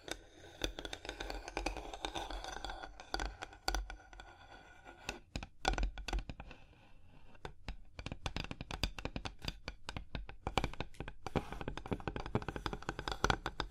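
Fingers tap, scratch and trace over a hard surface in a busy, uneven stream of sharp little hits. The first four seconds mix soft rubbing with taps; from about five seconds on, crisp bright taps come thick and fast, some in quick bursts.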